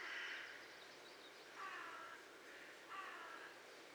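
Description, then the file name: Carrion crow giving three harsh, hoarse caws about every one and a half seconds over steady background hiss. "Corvus corone"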